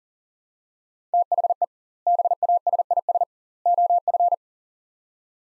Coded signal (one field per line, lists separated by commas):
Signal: Morse code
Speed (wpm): 40 wpm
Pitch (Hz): 700 Hz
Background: none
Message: THE BASIS OF